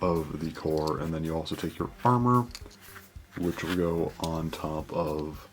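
A plastic armor piece for a spinning top is handled as it is brought onto the assembled blade and core in high mode, while someone talks throughout. Only speech and faint handling sounds are heard. Nothing has seated or clicked yet.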